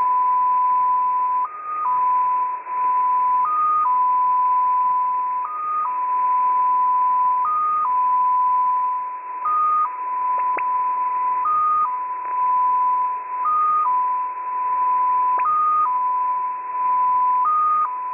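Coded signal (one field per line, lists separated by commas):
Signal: multi-tone FSK (Olivia or MFSK type)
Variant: XPA2 14-tone MFSK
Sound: steady whistle tone jumping briefly higher every two seconds, nine times, over hiss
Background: radio static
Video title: XPA2 on 10921 kHz USB January 31, 2021 12:00 UTC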